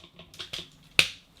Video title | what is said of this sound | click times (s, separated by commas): Transformers Cybertron Starscream Review | like that with a satisfying click same on this | 1.0 s